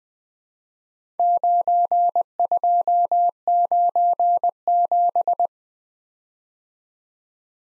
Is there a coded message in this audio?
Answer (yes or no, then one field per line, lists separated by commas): yes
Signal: Morse code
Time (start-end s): 1.2-5.5 s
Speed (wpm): 20 wpm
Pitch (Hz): 700 Hz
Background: none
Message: 9297